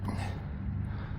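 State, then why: Not seated. An injector pigtail wiring connector is lined up and handled at the prongs of a diesel fuel injector during a cylinder 6 engine misfire repair. A low, steady hum with rough broadband rustling runs throughout, with a slight rise near 0.1 s. Nothing has seated or clicked yet.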